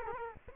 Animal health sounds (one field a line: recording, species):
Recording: mosquito wingbeat signal from an infrared sensor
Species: Culex quinquefasciatus